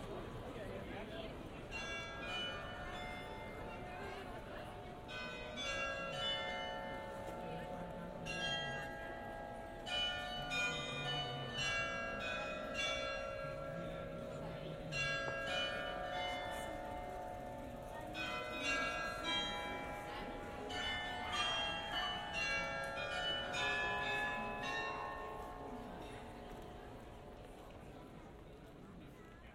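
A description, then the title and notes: A carillon rings out across an open square, bright bell tones tumbling in a lively tune over steady crowd murmur and faint voices. Generative soundscape based on a two-dimensional random walk between four binaural soundscapes recorded in Graz, Austria. During the Steirischer Herbst festival. Carillon of the Glockenspielplatz.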